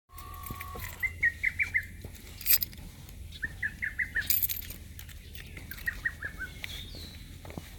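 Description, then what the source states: Lesser cuckoo singing a rapid stuttering phrase of short notes, given three times, with a brief steady tone at the start and low rumbling background noise. Recorded on 27 May 2021.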